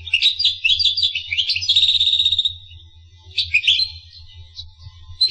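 Finch song with fast twittering notes and a buzzy trilled phrase, then a softer pause and renewed chirps, over a constant low hum.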